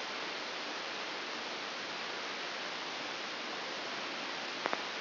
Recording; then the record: brain microelectrode recording played as sound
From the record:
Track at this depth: outside the subthalamic nucleus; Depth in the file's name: 8.06 mm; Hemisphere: left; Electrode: 2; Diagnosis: Parkinson's disease